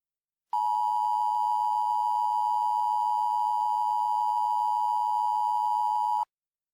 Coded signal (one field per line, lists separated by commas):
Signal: Emergency Alert System (SAME) tones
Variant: 853 and 960 Hz attention tone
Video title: EAS Mock 17: The October War